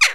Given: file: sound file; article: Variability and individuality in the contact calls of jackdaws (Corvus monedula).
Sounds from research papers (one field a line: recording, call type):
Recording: jackdaw call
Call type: harmonic